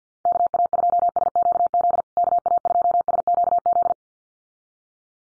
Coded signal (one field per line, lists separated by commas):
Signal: Morse code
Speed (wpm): 50 wpm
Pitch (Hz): 700 Hz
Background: none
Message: KA2SQZ KA2SQZ